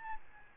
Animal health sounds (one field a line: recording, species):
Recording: mosquito wingbeat signal from an infrared sensor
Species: Aedes albopictus